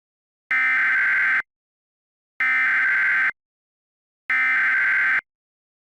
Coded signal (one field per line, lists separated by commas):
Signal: Emergency Alert System (SAME) tones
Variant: header bursts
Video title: EAS - Nightcrawler Unleashed